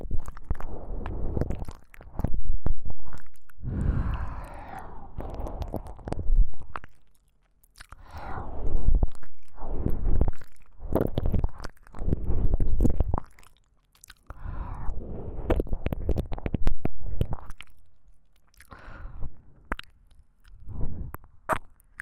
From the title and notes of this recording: ASMR×KU100 | 親吻．吐息聲．深入舔耳 | 耳舐め | Deep Ear Licking | NO Talking.